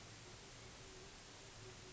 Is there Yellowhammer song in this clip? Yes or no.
no